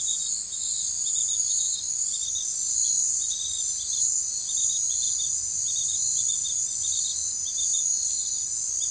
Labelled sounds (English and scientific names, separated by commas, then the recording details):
none
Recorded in forest near Pivijay, Magdalena, Colombia, on 15 April 2023 at 19:30
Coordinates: 10.467, -74.380
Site Z5-G034